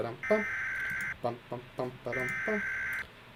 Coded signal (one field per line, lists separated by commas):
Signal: Emergency Alert System (SAME) tones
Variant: header bursts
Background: speech